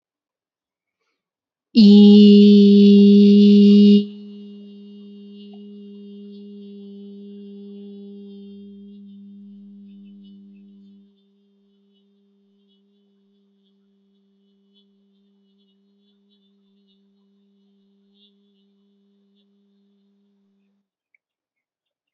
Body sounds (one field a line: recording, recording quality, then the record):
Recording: sustained vowel as in beet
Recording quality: excellent, no background noise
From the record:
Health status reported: healthy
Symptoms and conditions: none ticked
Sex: female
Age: 25 years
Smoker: not ticked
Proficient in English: yes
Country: India